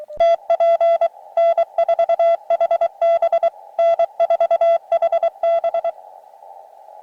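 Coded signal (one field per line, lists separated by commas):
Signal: Morse code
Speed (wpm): 23 wpm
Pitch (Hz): 670 Hz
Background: music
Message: TP N4HB N4HB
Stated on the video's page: QRP CW park (POTA) activation in the woods with an Elecraft KX2 and Palm Pico keyer paddle, comparing end-fed and inverted vee antennas in a tree.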